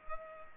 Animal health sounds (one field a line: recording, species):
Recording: mosquito wingbeat signal from an infrared sensor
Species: Culex pipiens